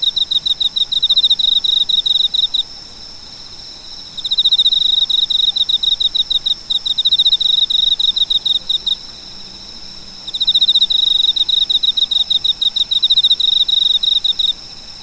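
Cricket trilling in high, rapid pulsed bursts lasting a few seconds each, broken by brief gaps, with a soft steady hiss behind.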